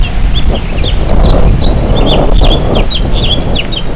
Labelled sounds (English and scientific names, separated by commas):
House Finch (Haemorhous mexicanus) song